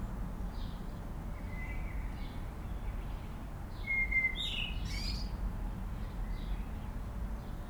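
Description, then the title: Common blackbird song: a clear low whistled note followed by a quick, high, scratchy twitter, with scattered soft chirps and a persistent low rumble of traffic. Singing in a city amid urban road and air traffic noise, Aix-les-Bains, France. "51 Rue Maryse Bastié, Aix-les-Bains, France - Merle dans la ville"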